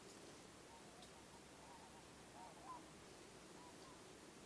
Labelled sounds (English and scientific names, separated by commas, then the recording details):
Greylag Goose (Anser anser)
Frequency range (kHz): Greylag Goose (Anser anser) 0.6-1.1 kHz
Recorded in France